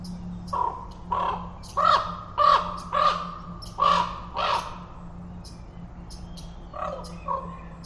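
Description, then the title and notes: Common Raven croaking repeatedly, seven harsh calls, then two softer ones. Raven calling from trees in forest at Totem Park, moving from tree to tree; about 9:30am, overcast with a little rain, breezy from southeast; tide falling. "Totem Park Wildlife. A raven calling in the forest reminded me of a time I was walking through the park with visiting Australians"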